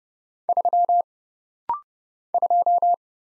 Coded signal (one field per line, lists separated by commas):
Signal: Morse code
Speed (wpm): 30 wpm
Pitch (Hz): 700 Hz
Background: none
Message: 3 2